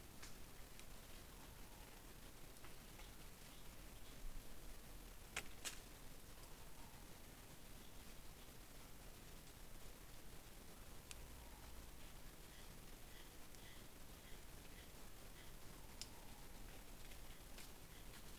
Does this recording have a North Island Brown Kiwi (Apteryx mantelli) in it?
no